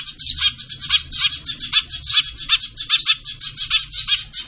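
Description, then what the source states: Bird singing a quick series of scratchy, chirping notes, about four or five per second, with a faint low hum underneath. Bird singing energetically (gacor), used for masteran training, Indonesia.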